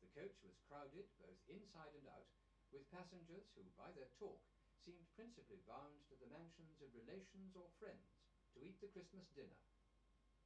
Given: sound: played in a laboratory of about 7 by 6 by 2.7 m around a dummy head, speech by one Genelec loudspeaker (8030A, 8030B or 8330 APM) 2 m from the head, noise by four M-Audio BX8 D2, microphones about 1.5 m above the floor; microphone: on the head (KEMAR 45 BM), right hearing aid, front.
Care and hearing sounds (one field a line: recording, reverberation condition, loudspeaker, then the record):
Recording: male speech in English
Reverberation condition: low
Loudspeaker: 120 degrees to the left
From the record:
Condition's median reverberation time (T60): about 310 ms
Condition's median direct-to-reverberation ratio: about 3.5 dB